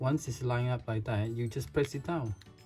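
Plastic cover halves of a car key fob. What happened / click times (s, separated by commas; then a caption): Handled, not yet home: a plastic cover is lined up but has not clicked shut / none. Someone talks while the plastic cover halves of a 2017 Kia Sportage key fob are lined up over the new coin battery, ready to be pressed down. Nothing has seated or clicked yet.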